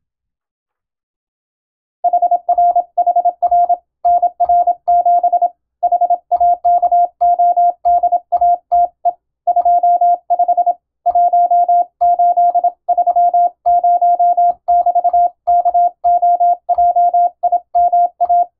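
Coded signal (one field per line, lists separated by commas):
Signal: Morse code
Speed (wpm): 27 wpm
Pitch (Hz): 700 Hz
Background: none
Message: HRHR NR7 HAKODATE 25 1830<BT>KOJIMA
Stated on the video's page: Morse code receiving practice for amateur radio using European-language telegram sending practice text.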